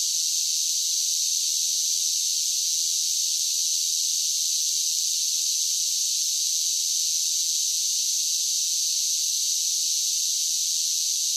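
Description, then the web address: Cicadas singing as a constant, even, high hissing buzz with no pauses. "Blast Wave Insect Cicadas"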